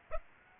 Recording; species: mosquito wingbeat signal from an infrared sensor; Aedes aegypti